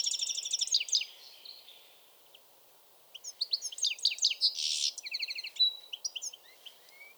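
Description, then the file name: European goldfinch song, quick tinkling trills and buzzy twitters, a quiet gap, then a second lively burst with a brief harsh buzz. "Carduelis carduelis"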